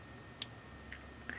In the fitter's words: Get it till it locks in place like so.